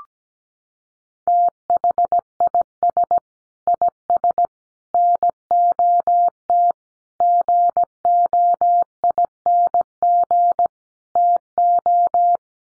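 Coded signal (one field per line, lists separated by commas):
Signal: Morse code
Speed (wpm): 17 wpm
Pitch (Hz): 700 Hz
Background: none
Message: THIS IS NOT GOING TO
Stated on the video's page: Head-copy drill of common five-word groups at 17 wpm, each sent in Morse, spoken, then sent again.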